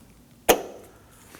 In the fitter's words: Give a little tug, make sure that it's locked into place.